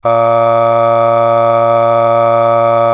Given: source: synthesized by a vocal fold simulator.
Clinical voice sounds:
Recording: sustained vowel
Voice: male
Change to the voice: aspiration noise (breathiness), level 7 of 10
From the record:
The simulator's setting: 1.56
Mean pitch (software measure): 116 Hz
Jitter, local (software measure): 0.45%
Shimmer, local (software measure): 4.6%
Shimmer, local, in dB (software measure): 0.41 dB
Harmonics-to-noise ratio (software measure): 19.4 dB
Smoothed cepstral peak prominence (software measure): 16.9 dB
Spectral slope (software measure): -17.1 dB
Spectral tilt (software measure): -8.7 dB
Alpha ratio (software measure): -7.5 dB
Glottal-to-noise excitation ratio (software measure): 0.963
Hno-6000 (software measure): 2.1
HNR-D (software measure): 22.3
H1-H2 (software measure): 5.0 dB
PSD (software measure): 3.5e-05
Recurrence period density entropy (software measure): 0.108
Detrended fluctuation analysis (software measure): 0.0542

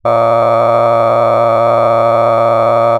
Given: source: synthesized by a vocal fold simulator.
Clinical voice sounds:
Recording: sustained vowel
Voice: male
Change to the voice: cycle-to-cycle stiffness perturbation (roughness), level 10 of 10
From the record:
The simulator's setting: 6.37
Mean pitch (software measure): 115 Hz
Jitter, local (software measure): 3.02%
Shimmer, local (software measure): 11.2%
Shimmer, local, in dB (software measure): 0.91 dB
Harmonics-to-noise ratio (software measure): 10.3 dB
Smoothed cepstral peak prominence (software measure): 16.6 dB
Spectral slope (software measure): -16.8 dB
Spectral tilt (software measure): -12.2 dB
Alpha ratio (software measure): -7.2 dB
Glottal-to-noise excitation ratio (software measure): 0.991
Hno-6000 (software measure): 2.3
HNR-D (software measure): 20.6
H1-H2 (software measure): 5.2 dB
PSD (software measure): 2.1e-04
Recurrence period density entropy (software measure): 0.105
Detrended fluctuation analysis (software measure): 0.0570

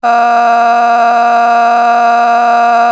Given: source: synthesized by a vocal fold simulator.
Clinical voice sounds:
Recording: sustained vowel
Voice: female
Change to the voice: a random mix of aspiration noise, stiffness perturbation and strain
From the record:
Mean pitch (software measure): 236 Hz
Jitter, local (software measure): 1.24%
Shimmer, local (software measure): 7.7%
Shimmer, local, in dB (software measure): 0.67 dB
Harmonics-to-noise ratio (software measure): 16.1 dB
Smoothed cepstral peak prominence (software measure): 14.9 dB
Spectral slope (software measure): -17.9 dB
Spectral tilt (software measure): -8.9 dB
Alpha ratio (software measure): -8.4 dB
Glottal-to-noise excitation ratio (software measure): 0.899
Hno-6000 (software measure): 1.9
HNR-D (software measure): 37.6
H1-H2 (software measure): -2.4 dB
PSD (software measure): 5.9e-05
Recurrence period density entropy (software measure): 0.115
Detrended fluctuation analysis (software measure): 0.0107

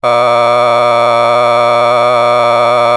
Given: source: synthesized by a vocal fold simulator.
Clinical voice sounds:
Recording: sustained vowel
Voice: male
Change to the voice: a random mix of aspiration noise, stiffness perturbation and strain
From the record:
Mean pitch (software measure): 120 Hz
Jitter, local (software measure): 1.49%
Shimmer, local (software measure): 3.6%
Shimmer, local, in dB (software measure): 0.32 dB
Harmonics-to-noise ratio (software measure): 12.8 dB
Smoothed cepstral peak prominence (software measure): 18.1 dB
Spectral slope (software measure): -13.1 dB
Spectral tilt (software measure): -10.1 dB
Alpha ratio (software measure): -3.6 dB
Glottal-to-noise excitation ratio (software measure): 0.987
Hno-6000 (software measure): 1.9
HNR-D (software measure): 25.1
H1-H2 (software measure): 1.6 dB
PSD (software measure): 1.6e-04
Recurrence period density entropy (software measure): 0.121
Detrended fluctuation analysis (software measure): 0.0298

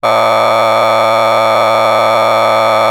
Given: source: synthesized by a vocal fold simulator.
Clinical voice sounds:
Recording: sustained vowel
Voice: male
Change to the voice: a random mix of aspiration noise, stiffness perturbation and strain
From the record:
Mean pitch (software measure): 111 Hz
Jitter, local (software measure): 3.41%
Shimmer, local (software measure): 4.4%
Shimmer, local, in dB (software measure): 0.33 dB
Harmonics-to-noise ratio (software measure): 6.4 dB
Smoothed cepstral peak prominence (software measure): 13.0 dB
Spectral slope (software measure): -12.7 dB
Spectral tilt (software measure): -10.1 dB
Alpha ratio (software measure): -3.2 dB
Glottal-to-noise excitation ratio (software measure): 0.979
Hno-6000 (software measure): 1.8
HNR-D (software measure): 20.5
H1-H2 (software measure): 0.8 dB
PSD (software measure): 2.6e-04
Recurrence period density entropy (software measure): 0.128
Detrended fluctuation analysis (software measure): 0.0319

